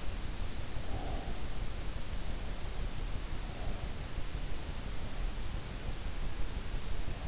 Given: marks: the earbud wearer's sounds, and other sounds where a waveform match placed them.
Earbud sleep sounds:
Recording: sounds in sleep by an in-ear microphone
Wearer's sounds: breath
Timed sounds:
0.56-1.47 s: breath

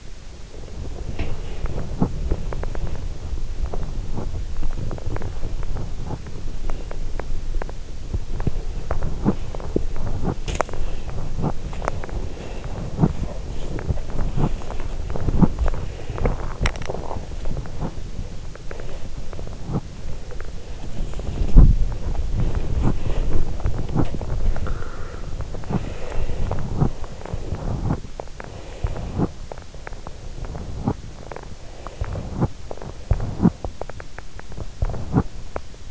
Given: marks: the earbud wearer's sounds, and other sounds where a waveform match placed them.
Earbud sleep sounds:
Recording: sounds in sleep by an in-ear microphone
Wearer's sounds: body movement, breath, teeth grinding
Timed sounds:
0.00-18.87 s: body movement
0.59-1.80 s: breath
10.34-10.79 s: teeth grinding
16.53-16.79 s: teeth grinding
18.76-19.59 s: breath
18.93-35.91 s: body movement
19.59-19.92 s: teeth grinding
20.97-22.22 s: teeth grinding
22.63-23.10 s: teeth grinding
23.77-24.19 s: teeth grinding
24.62-25.33 s: breath
25.52-26.66 s: breath
26.66-26.90 s: teeth grinding
28.34-29.25 s: breath
28.98-29.39 s: teeth grinding
30.65-31.05 s: teeth grinding
31.71-32.42 s: breath
34.70-35.41 s: teeth grinding

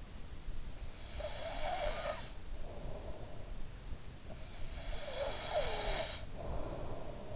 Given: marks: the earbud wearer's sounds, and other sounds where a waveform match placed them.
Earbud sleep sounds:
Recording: sounds in sleep by an in-ear microphone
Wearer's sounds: breath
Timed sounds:
0.22-2.79 s: breath
4.16-7.36 s: breath

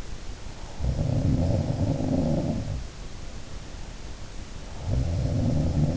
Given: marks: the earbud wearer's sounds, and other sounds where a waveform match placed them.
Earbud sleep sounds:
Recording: sounds in sleep by an in-ear microphone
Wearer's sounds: breath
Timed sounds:
0.28-1.46 s: breath
0.65-4.02 s: sound from someone else or the room
4.69-5.97 s: sound from someone else or the room

